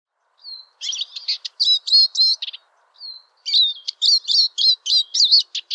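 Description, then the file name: European greenfinch song: a soft drawn note leading into fast twittering trills, repeated in two phrases with a pause between them. "vihervarpunen janerikbruun"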